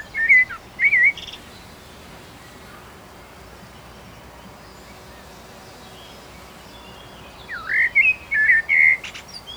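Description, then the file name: Common blackbird singing two brief warbled phrases, one at the start and one near the end, each closing with high scratchy notes, separated by a long quiet pause. "Turdus merula"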